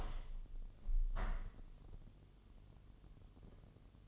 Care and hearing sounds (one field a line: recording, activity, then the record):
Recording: daily activity, microphone in the room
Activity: open window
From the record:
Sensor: 4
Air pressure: 1015.7 hPa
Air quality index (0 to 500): 114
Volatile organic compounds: 2 ppm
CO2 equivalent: 1279 ppm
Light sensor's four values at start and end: 9/20/8/7 and 9/20/8/8